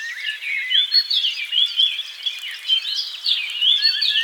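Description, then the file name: Eurasian blackcap song: a lively warble mixing scratchy twitters with loud, clear fluty whistles. The song rises and falls in bursts throughout. "Sylvia atricapilla"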